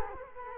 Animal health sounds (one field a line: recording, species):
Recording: mosquito wingbeat signal from an infrared sensor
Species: Culex quinquefasciatus